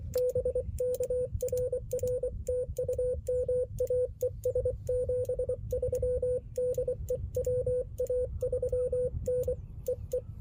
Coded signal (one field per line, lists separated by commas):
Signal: Morse code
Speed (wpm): 24 wpm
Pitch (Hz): 500 Hz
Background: radio noise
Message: BK RR TU MA ES 73 DE WA3N EE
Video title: US-12715 testing my HF-009 on a tripod! And full activation